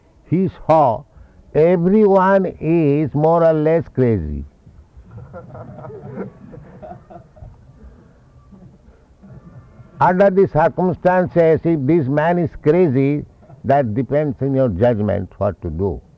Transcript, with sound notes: he saw everyone is more or less crazy. [laughter] "Under the circumstances, if this man is crazy, that depends on your judgment, what to do.